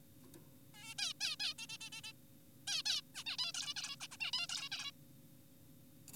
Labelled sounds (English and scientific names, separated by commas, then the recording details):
Zebra Finch (Taeniopygia guttata)
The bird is an adult
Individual g4p5U